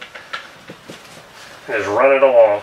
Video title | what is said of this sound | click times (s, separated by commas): Cutting Open a Vintage Airstream Trailer | want to come in like this, make sure that locks in place, | 0.0 s